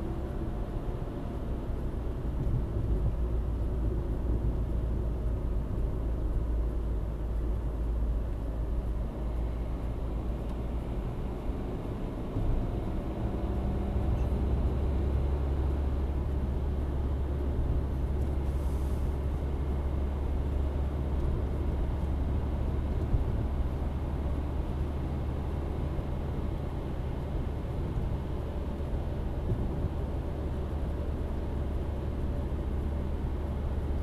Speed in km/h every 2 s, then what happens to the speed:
65, 61, 59, 59, 58, 66, 71, 74, 73, 74, 75, 76, 77, 78, 77, 76, 76.
0-9 slows to 58. 9-13 speeds up to 74. 13-34 steady at about 76.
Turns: none.